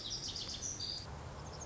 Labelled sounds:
Lazuli Bunting

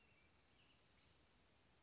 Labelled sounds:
Western Tanager

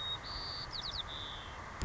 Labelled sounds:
White-crowned Sparrow

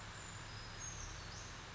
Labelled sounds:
Brown Creeper

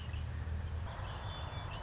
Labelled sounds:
Red-winged Blackbird

